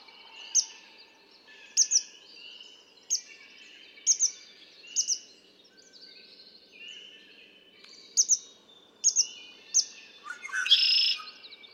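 Red-winged blackbird song, one harsh buzzy trill near the end, among repeated sharp high paired chips.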